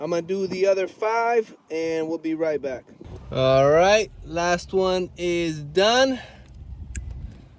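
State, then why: Seated. A wiring harness connector is pushed onto the last new ignition coil pack on a 2015 Chrysler 200C 6-cylinder during a coil pack and spark plug replacement (2011-2017). Someone talks over a low background rumble, then a sharp little click at 6.96 s, preceded by faint ticks, as the connector locks on. The connector is confirmed seated.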